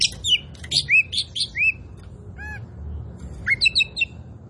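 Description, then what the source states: Oriental magpie-robin song of quick rising and falling whistled notes in a lively burst, a pause, then another clipped whistled phrase; low hum throughout. Local Indonesian name kacer poci; described as gacor, singing vigorously.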